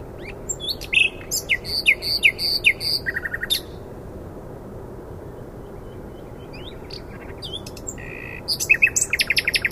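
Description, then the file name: Common nightingale singing a varied phrase of repeated notes over about three seconds, silence, then a fresh burst of quick repeated notes. "Luscinia megarhynchos"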